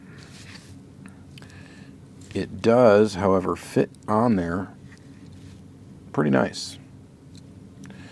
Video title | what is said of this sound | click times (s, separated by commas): Tarmac Works Unboxing! Saab 900 Turbo, Koenigsegg Jesko & More! | Doesn't really snap into place, but it fits very snug, | none